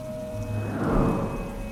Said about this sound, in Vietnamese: Không có tiếng ai đáp lại ngoài những cơn gió rít và tiếng nước mưa ầm ĩ rơi trên mặt ruộng.